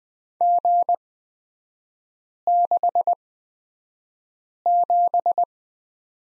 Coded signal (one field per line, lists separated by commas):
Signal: Morse code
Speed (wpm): 20 wpm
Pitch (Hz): 700 Hz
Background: none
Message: G67